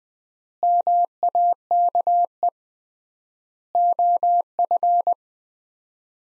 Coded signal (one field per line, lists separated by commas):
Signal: Morse code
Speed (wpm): 21 wpm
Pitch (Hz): 700 Hz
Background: none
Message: MAKE OF